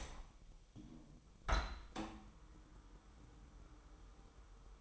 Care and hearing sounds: daily activity, microphone in the room; open window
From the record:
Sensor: 1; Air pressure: 1000.2 hPa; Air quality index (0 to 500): 241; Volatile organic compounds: 122 ppm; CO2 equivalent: 3884 ppm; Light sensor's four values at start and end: 11/26/10/11 and 11/27/11/12

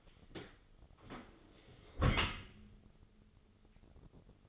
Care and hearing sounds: daily activity, microphone in the room; close dishwasher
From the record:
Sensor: 4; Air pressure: 996.6 hPa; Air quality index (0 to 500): 88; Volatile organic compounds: 4 ppm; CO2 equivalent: 1696 ppm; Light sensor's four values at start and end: 19/53/21/23 and 20/53/21/23

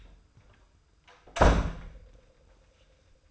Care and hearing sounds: daily activity, microphone in the room; close door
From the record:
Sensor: 2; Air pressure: 990.2 hPa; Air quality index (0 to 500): 179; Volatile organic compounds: 1000 ppm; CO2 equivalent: 5693 ppm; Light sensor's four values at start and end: 34/80/33/33 and 34/80/33/33

